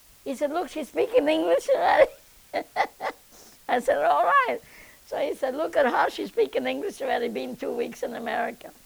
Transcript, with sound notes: He said, "Look, she's speaking English already." ( she laughs ) I said, "All right." So he said, "Look at how she's speaking English already, being two weeks in America."